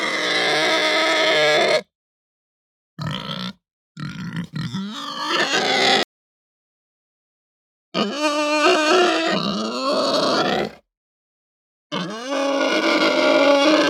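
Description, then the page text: Pig giving harsh, loud squeals in bursts separated by silent gaps, including short choppy grunting squeals and long strained screams with wavering pitch. Hampshire breed pig; long aggressive squeal. "Hampshire Pig Squeal Long Aggressive. Quick Sounds"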